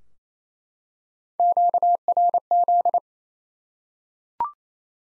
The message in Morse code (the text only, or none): QRZ